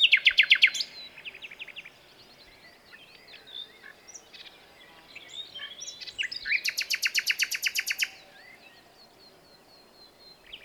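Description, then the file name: Common nightingale song: a short rapid run of repeated notes, quieter varied whistling, then a loud extended series of evenly spaced, fast repeated notes lasting over a second. "Luscinia megarhynchos"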